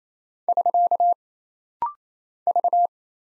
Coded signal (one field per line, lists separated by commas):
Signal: Morse code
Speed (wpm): 27 wpm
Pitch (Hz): 700 Hz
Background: none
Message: <SK> V